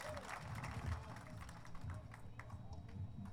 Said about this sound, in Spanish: para quien pide un aplauso, uno más fuerte.